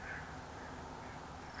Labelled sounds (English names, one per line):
American Crow